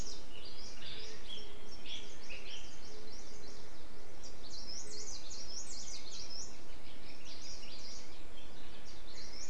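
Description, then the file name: Birds calling, a dense chorus of high chirps and short rising notes running throughout, with soft low hooting notes now and then over a steady background hiss. "mainly bird"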